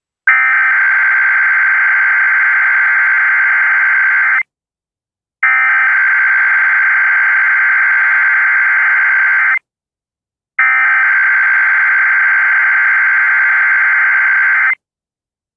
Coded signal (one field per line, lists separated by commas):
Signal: Emergency Alert System (SAME) tones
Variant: header bursts